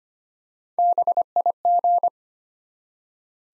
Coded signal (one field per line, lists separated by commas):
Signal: Morse code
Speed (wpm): 25 wpm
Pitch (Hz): 700 Hz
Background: none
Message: BIG